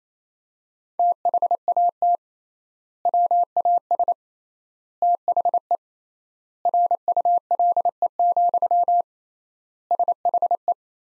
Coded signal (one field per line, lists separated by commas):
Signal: Morse code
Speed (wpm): 28 wpm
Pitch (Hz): 700 Hz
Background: none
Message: THAT WAS THE RULE, SHE